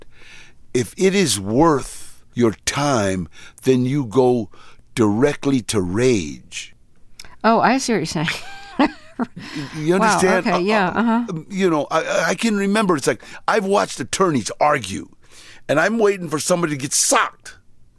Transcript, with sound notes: If it is worth your time, then you go directly to rage.
Oh, I see what you're saying (laughter).
You understand?
Wow, OK, yeah.
You know, I can remember. It's like, I've watched attorneys argue, and I'm waiting for somebody to get socked,